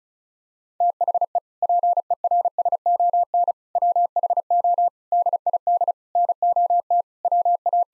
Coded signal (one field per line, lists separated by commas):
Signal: Morse code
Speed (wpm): 34 wpm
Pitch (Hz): 700 Hz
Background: none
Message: THE PERSON WHO DID NOT WA